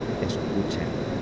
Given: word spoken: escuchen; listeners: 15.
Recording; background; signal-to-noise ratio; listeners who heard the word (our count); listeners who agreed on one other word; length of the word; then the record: one Spanish word in noise, from a listening test; speech-shaped noise; -4.2 dB; 4 of 15; 8 of 15; 0.82 s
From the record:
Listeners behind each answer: 8, 4, 1, 1, 1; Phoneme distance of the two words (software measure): 17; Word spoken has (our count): 3 syllables, 7 phonemes, stress on syllable 2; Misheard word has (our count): 3 syllables, 6 phonemes, stress on syllable 2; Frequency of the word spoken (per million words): 1.59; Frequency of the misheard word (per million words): 25.95